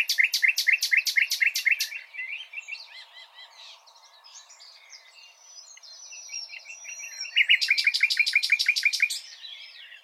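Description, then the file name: Common nightingale song with a fast run of repeated notes, a quiet pause of soft twittering, then another loud rapid rattling phrase. "Luscinia megarhynchos"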